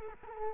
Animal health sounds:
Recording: mosquito wingbeat signal from an infrared sensor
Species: Culex quinquefasciatus

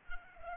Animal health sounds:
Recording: mosquito wingbeat signal from an infrared sensor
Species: Aedes aegypti

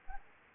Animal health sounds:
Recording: mosquito wingbeat signal from an infrared sensor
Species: Anopheles arabiensis

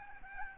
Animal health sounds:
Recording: mosquito wingbeat signal from an infrared sensor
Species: Aedes albopictus

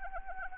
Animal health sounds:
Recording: mosquito wingbeat signal from an infrared sensor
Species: Anopheles arabiensis

